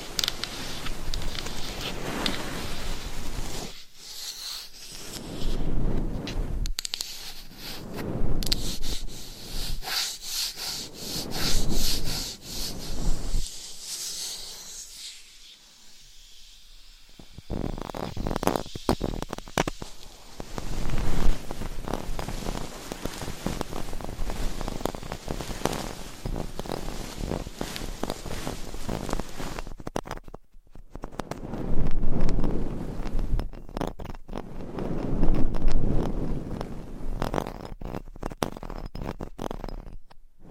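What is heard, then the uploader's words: Scratching, brushing and tapping on a microphone run through the whole clip in dense, uneven bursts of rough friction noise. Strokes swell and fade every second or two, with brief pauses near 4, 14–17 and 30 seconds, and occasional sharper taps and rubs between them. ASMR Binaural Mic Scratching , Massage ,Tapping & Brushing Hypnotic Asmr No Talking.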